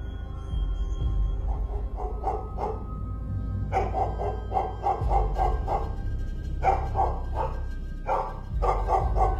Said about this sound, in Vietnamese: Con mích béo chỉ chờ có thế. Nó lồng lên, sủa từng hồi dữ tợn.